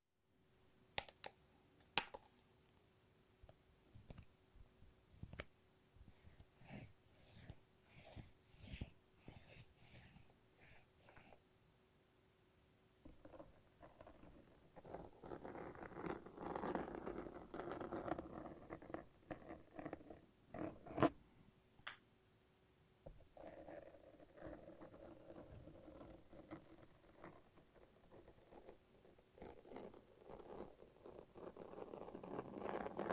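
A lint roller and tape make sticky sounds: first a run of sharp, irregular clicks and snaps with quiet gaps between them, and a faint steady tone under the opening seconds. From about 13 seconds, denser tearing and peeling rasps take over, growing busier toward the end.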